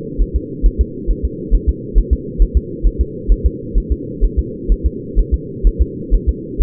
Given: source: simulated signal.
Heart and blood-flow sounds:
fetal heart sounds
0.22 s: S1
0.36 s: S2
0.66 s: S1
0.81 s: S2
1.11 s: S1
1.25 s: S2
1.55 s: S1
1.69 s: S2
1.98 s: S1
2.13 s: S2
2.42 s: S1
2.57 s: S2
2.87 s: S1
3.01 s: S2
3.32 s: S1
3.46 s: S2
3.78 s: S1
3.92 s: S2
4.24 s: S1
4.39 s: S2
4.72 s: S1
4.86 s: S2
5.19 s: S1
5.34 s: S2
5.67 s: S1
5.81 s: S2
6.15 s: S1
6.29 s: S2
6.62 s: S1
From the record:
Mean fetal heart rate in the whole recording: 130 bpm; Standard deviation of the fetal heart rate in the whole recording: 2 bpm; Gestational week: 36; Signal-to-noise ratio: -4.1 dB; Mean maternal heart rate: no maternal heart sound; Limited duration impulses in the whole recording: absent

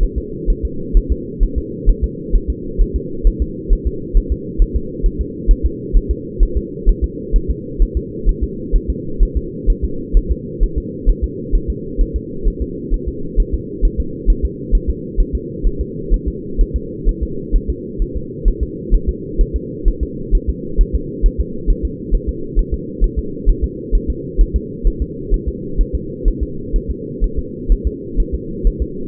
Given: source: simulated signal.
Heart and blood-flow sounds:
fetal heart sounds
0.03 s: S1
0.18 s: S2
0.50 s: S1
0.65 s: S2
0.97 s: S1
1.12 s: S2
1.43 s: S1
1.58 s: S2
1.89 s: S1
2.04 s: S2
2.35 s: S1
2.50 s: S2
2.81 s: S1
2.96 s: S2
3.27 s: S1
3.42 s: S2
3.73 s: S1
3.87 s: S2
4.17 s: S1
4.32 s: S2
4.62 s: S1
4.76 s: S2
5.06 s: S1
5.21 s: S2
5.51 s: S1
5.66 s: S2
5.96 s: S1
6.11 s: S2
6.43 s: S1
6.57 s: S2
6.89 s: S1
7.04 s: S2
7.36 s: S1
7.50 s: S2
7.82 s: S1
7.97 s: S2
8.29 s: S1
8.43 s: S2
8.76 s: S1
8.90 s: S2
9.23 s: S1
9.37 s: S2
9.70 s: S1
9.85 s: S2
10.17 s: S1
10.31 s: S2
10.63 s: S1
10.78 s: S2
11.10 s: S1
11.24 s: S2
11.55 s: S1
11.70 s: S2
12.01 s: S1
12.16 s: S2
12.47 s: S1
12.62 s: S2
12.94 s: S1
13.08 s: S2
13.40 s: S1
13.54 s: S2
13.85 s: S1
14.00 s: S2
14.30 s: S1
14.45 s: S2
14.75 s: S1
14.90 s: S2
15.20 s: S1
15.35 s: S2
15.67 s: S1
15.81 s: S2
16.14 s: S1
16.28 s: S2
16.61 s: S1
16.76 s: S2
17.09 s: S1
17.23 s: S2
17.55 s: S1
17.70 s: S2
18.02 s: S1
18.16 s: S2
18.48 s: S1
18.63 s: S2
18.94 s: S1
19.09 s: S2
19.41 s: S1
19.56 s: S2
19.88 s: S1
20.03 s: S2
20.35 s: S1
20.49 s: S2
20.81 s: S1
20.95 s: S2
21.26 s: S1
21.41 s: S2
21.70 s: S1
21.85 s: S2
22.15 s: S1
22.29 s: S2
22.59 s: S1
22.74 s: S2
23.04 s: S1
23.19 s: S2
23.49 s: S1
23.64 s: S2
23.95 s: S1
24.10 s: S2
24.41 s: S1
24.56 s: S2
24.87 s: S1
25.02 s: S2
25.34 s: S1
25.48 s: S2
25.81 s: S1
25.95 s: S2
26.28 s: S1
26.43 s: S2
26.76 s: S1
26.91 s: S2
27.24 s: S1
27.39 s: S2
27.72 s: S1
27.87 s: S2
28.20 s: S1
28.34 s: S2
28.67 s: S1
28.82 s: S2
From the record:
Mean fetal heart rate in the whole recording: 130 bpm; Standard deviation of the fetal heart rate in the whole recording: 4 bpm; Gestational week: 38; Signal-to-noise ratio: -4.3 dB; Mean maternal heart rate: 72 bpm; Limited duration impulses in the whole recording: absent

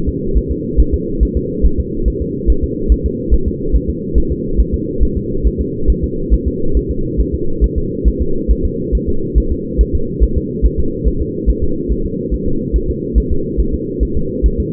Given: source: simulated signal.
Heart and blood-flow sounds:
fetal heart sounds
0.09 s: S2
0.38 s: S1
0.52 s: S2
0.80 s: S1
0.94 s: S2
1.23 s: S1
1.37 s: S2
1.66 s: S1
1.80 s: S2
2.08 s: S1
2.22 s: S2
2.50 s: S1
2.64 s: S2
2.92 s: S1
3.06 s: S2
3.34 s: S1
3.48 s: S2
3.76 s: S1
3.90 s: S2
4.18 s: S1
4.32 s: S2
4.60 s: S1
4.74 s: S2
5.03 s: S1
5.17 s: S2
5.47 s: S1
5.61 s: S2
5.90 s: S1
6.04 s: S2
6.34 s: S1
6.48 s: S2
6.77 s: S1
6.91 s: S2
7.21 s: S1
7.34 s: S2
7.64 s: S1
7.78 s: S2
8.08 s: S1
8.22 s: S2
8.51 s: S1
8.65 s: S2
8.95 s: S1
9.09 s: S2
9.38 s: S1
9.52 s: S2
9.81 s: S1
9.95 s: S2
10.24 s: S1
10.38 s: S2
10.66 s: S1
10.80 s: S2
11.08 s: S1
11.22 s: S2
11.50 s: S1
11.64 s: S2
11.92 s: S1
12.06 s: S2
12.34 s: S1
12.48 s: S2
12.76 s: S1
12.90 s: S2
13.18 s: S1
13.32 s: S2
13.60 s: S1
13.74 s: S2
14.03 s: S1
14.17 s: S2
14.46 s: S1
14.60 s: S2
From the record:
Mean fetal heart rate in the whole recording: 140 bpm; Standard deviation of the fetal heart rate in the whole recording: 2 bpm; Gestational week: 34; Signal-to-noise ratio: -8.1 dB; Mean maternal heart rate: 72 bpm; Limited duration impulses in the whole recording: present

